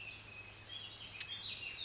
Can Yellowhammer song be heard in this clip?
no